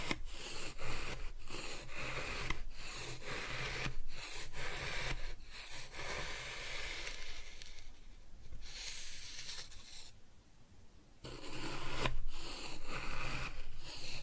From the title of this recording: Kinetic Sand Cutting and Scooping Sounds